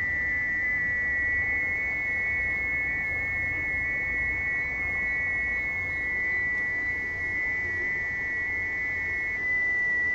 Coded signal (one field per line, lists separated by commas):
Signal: FT8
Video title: T30L, Western Kiribati, Pacific Ocean, 10MHz, FT8, Worked by HL2WA